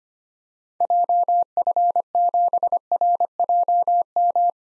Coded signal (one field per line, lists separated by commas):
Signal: Morse code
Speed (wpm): 25 wpm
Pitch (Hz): 700 Hz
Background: none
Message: JF7RJM